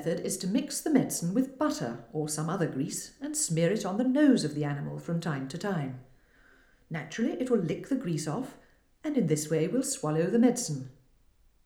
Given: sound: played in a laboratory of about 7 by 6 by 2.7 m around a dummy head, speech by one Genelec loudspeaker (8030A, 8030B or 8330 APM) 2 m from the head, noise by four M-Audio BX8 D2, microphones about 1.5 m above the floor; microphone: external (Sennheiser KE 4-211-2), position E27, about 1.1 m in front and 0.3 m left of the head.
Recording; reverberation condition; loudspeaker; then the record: female speech in English; medium; 30 degrees to the left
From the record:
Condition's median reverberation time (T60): about 510 ms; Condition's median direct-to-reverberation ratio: about -0.5 dB